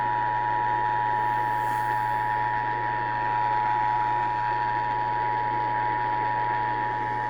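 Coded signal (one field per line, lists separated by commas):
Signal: Emergency Alert System (SAME) tones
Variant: 853 and 960 Hz attention tone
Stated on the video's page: Forwarded flash flood warning relayed on AM radio stations.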